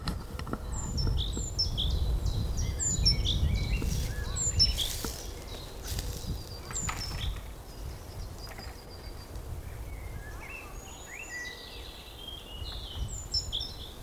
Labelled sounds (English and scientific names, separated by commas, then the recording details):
Great Tit (Parus major)
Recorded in the wild
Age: adult
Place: Mühlenbeck, am Tegeler Fließ, Brandenburg, DE
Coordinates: 52.6, 13.282
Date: 1992-04-11 14:25
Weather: heiter, 14°C, Wind
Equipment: Nagra SN, Mikrofon AKG CK 8, Kopie Tesla B 116
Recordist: Tembrock, Günter